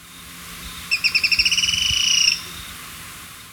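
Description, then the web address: Black-throated tody-tyrant call: a single rapid trill of high, sharp notes lasting about a second and a half, starting with separate pulses that speed up and blur together. Ecuador. "Birds of Ecuador 3-04 Black-Throated Tody-Tyrant"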